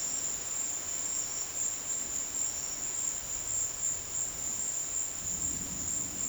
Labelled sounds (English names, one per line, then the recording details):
none
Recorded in dense forest near Puerto Asís, Putumayo, Colombia, on 4 March 2025 at 15:30
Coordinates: 0.481, -76.323
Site G088